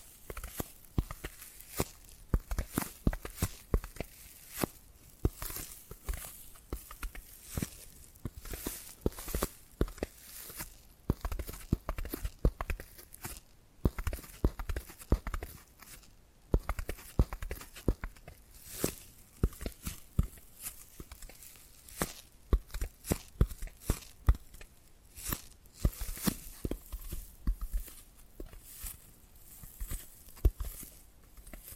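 Tapping and scratching sounds run through the whole stretch: a dense, uneven stream of crisp clicks and taps, several each second, with some louder hits standing out. Soft scratchy rustling fills the gaps between taps, and the pace stays busy without settling into a regular beat.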